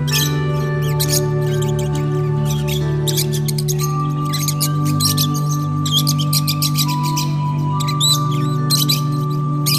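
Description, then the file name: Lovebird chatter, bursts of sharp chirps and squeaky notes in quick runs, over steady sustained musical tones throughout. Lovebirds, used for audio therapy. "audio terapi lovebirds"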